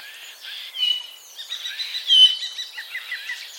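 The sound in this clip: Common starling chattering loudly with short whistled notes and scratchy clicks in quick uneven bursts.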